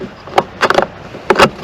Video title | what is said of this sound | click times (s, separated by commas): Walkthrough of Replacing the Interior Roof Lining for the Lexus SC430 | and then pops right in | 1.3 s